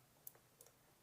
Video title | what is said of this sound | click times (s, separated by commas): Tapo C220 SD Card Slot Location and Installation | and then you push it using your fingernails until you hear click | 0.3 s